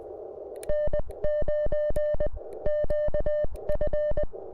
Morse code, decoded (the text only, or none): N9QF